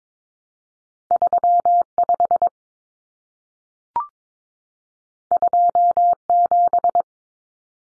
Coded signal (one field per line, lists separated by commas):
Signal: Morse code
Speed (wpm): 22 wpm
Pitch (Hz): 700 Hz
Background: none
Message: 35 27